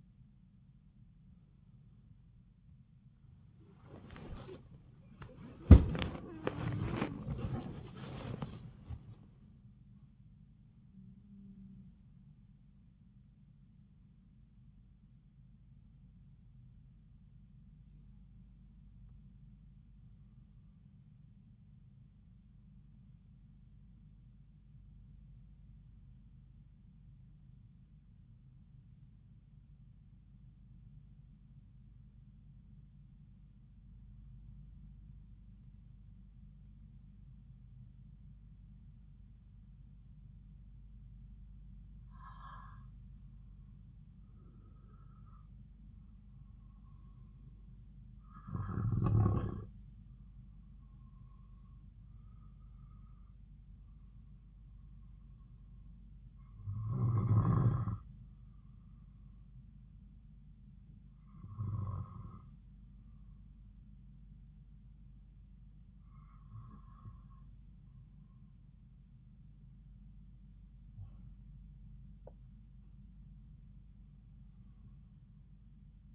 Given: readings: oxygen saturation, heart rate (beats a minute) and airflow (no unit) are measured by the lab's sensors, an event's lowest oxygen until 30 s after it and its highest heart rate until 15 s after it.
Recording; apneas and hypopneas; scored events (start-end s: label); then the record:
breathing in sleep by a smartphone at the bedside; 1
23.00-41.60 s: hypopnea (N1, oxygen 97% highest, then 90% lowest, heart rate 71 at the start, 71 highest)
29.00-76.15 s: new sleep stage, N2 (light sleep)
From the record:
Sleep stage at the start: N1 (lightest sleep); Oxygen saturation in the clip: 90 to 97%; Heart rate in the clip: 51 to 74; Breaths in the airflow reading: 15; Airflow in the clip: -5.6 to 6.9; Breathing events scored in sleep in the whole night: 270 in 6.1 hours asleep